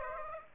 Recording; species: mosquito wingbeat signal from an infrared sensor; Aedes aegypti